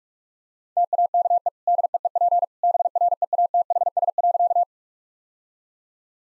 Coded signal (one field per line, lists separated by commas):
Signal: Morse code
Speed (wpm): 46 wpm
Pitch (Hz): 700 Hz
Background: none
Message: TAKE DEEP BREATHS.